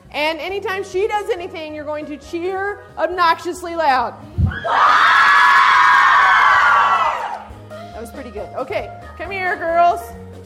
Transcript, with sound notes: And any time she does anything, you're going to cheer her obnoxiously loud. (Cheers) That was pretty good. Come here, girls.